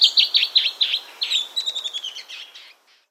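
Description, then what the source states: Bertoni's antbird song: a series of high, sharp notes, then a quicker run of thinner notes fading out near the end. South America.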